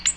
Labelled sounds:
Ovenbird (Seiurus aurocapilla) flight call

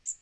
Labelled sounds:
Magnolia Warbler (Setophaga magnolia) flight call

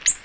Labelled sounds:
Ovenbird (Seiurus aurocapilla) flight call

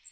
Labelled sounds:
Magnolia Warbler (Setophaga magnolia) flight call

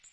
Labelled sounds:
Magnolia Warbler (Setophaga magnolia) flight call

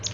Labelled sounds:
Palm Warbler (Setophaga palmarum) flight call

